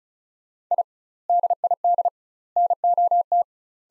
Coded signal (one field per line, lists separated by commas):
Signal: Morse code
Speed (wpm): 36 wpm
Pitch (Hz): 700 Hz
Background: none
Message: I DID NOT